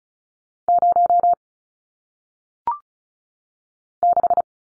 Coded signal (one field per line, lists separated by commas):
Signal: Morse code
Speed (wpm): 36 wpm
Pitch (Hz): 700 Hz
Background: none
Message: 0 6